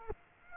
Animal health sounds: mosquito wingbeat signal from an infrared sensor; Aedes aegypti

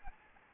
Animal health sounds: mosquito wingbeat signal from an infrared sensor; Anopheles gambiae

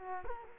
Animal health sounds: mosquito wingbeat signal from an infrared sensor; Culex quinquefasciatus

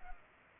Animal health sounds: mosquito wingbeat signal from an infrared sensor; Culex pipiens

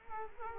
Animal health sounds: mosquito wingbeat signal from an infrared sensor; Culex quinquefasciatus

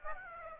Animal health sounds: mosquito wingbeat signal from an infrared sensor; Aedes aegypti

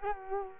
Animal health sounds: mosquito wingbeat signal from an infrared sensor; Culex quinquefasciatus

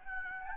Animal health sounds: mosquito wingbeat signal from an infrared sensor; Anopheles gambiae

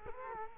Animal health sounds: mosquito wingbeat signal from an infrared sensor; Culex quinquefasciatus

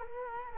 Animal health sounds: mosquito wingbeat signal from an infrared sensor; Culex quinquefasciatus

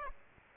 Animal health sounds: mosquito wingbeat signal from an infrared sensor; Aedes aegypti

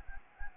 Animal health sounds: mosquito wingbeat signal from an infrared sensor; Anopheles gambiae

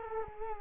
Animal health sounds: mosquito wingbeat signal from an infrared sensor; Culex quinquefasciatus

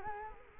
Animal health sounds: mosquito wingbeat signal from an infrared sensor; Culex quinquefasciatus

